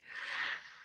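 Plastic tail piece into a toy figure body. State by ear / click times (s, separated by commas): not seated / none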